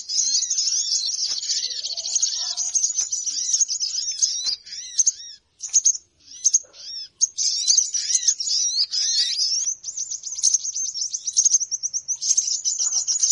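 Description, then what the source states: Birds chattering in a dense stream of thin high chirps, with softer arched notes below and a few brief breaks in the middle. Noisy bird lure call for attracting birds; many birds said to gather quickly once played.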